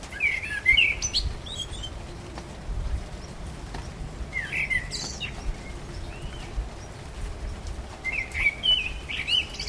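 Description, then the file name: Common blackbird producing three short warbled phrases with sharp high squeaks, spaced several seconds apart, over a low background rumble. Recorded on 12 April 2010. "Amsel 20100412"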